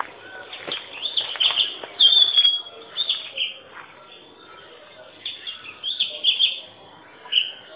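Magpie-robin singing short bright whistled phrases, some sliding, broken by brief pauses, with a faint hiss underneath.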